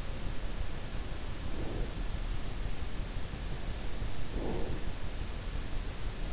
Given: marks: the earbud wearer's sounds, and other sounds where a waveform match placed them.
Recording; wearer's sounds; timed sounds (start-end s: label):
sounds in sleep by an in-ear microphone; breath
1.32-1.99 s: breath
4.35-4.87 s: breath